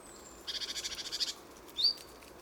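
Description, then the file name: Great tit call, a single harsh, buzzy stuttering rattle of rapid pulses, then one short, sharp note, over background hiss. "Parus major"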